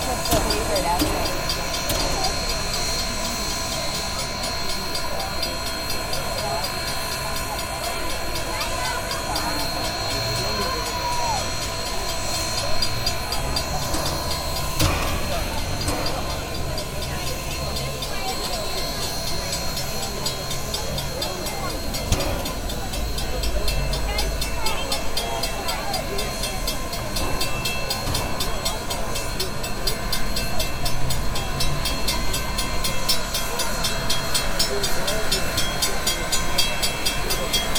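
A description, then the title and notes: Union Pacific No. 844 at a street crossing, with a steady, dense rumble and hiss running the whole time. Bright, sustained tones ring over it, and voices talk throughout. A sharp knock lands near fifteen seconds, and the sound swells slightly after twenty-three seconds. 844 Big Boy, Pacific, MO. A stereo field recording from October 2016 in Pacific, Missouri. Union Pacific No. 844 approaching, sitting and then leaving, was made at the intersection of First Street and the train tracks.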